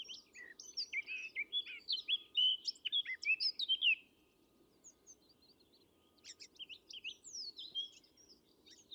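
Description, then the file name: Eurasian blackcap song: rich, fast warbling phrases of varied chirps and whistles for about four seconds, a pause, then another warbled burst; faint low hum underneath. "Sylvia atricapilla"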